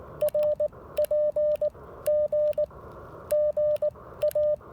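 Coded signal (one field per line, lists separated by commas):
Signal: Morse code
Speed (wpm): 19 wpm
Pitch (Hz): 600 Hz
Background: radio noise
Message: R PG GA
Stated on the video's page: Portable CW at a POTA activation with an Icom IC-705 and an Elecraft AX1 antenna.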